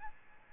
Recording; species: mosquito wingbeat signal from an infrared sensor; Aedes albopictus